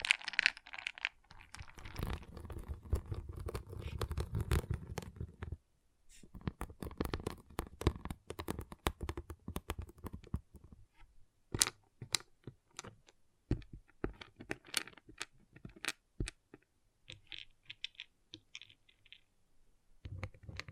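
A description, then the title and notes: Pixel art beads rattle and clatter in quick, dense bursts for the first five seconds, with a low rumbling churn beneath. After a brief pause, scattered sharp clicks and taps follow irregularly, some bright and ringing, thinning toward the end. ASMR Relaxing Pixel Art Beads ( No Talking).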